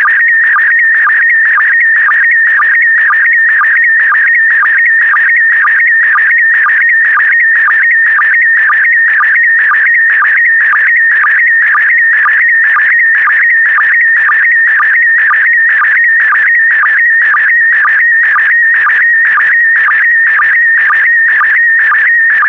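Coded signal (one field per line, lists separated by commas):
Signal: SSTV (slow-scan television)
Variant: PD120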